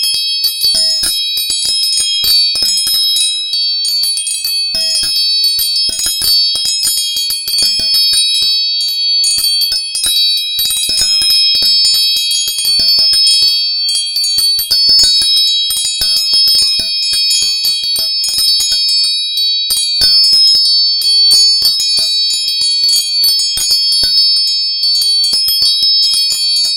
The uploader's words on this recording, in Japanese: 音叉チューニング 第3チャクラ。黄色 528hz 第3チャクラ。